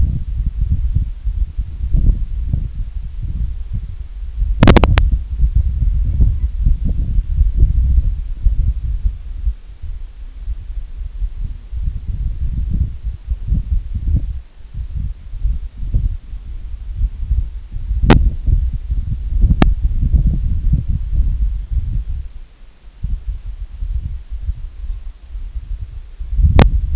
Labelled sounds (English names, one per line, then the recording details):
Long-tailed Duck
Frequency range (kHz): Long-tailed Duck 0.6-2.8 kHz
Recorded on Arctic tundra, site IGLO-A, on 25 June 2018
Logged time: 01:59